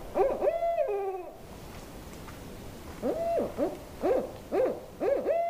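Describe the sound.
Owl call beginning with a prolonged, quavering descending note, then after a short gap a steady series of short, bouncing hoots roughly twice a second.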